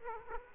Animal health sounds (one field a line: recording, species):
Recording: mosquito wingbeat signal from an infrared sensor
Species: Aedes aegypti